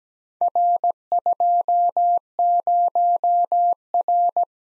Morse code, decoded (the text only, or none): R20R